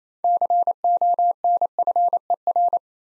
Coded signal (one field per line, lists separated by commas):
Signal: Morse code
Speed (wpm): 27 wpm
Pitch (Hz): 700 Hz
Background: none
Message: CONFER